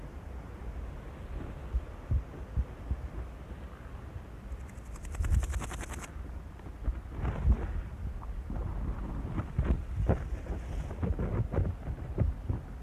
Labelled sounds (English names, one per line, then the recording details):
Large Gold Grasshopper stridulation
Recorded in the wild
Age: imago
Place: Königswartha, Oberlausitz, Sachsen, DE
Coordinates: 51.3106, 14.2772
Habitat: meadow
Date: 1989-08-09 17:51
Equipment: Riporter 6 RG-K, Sennheiser MKH 416 T, Kopie Uher Report Stereo IC
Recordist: Frommolt, Karl-Heinz
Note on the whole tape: Eutricher Teiche: Gesang einer Goldschrecke. Ein zweites Tier antwortet. Tiere gesehen. Entfernung 10 bis 15 cm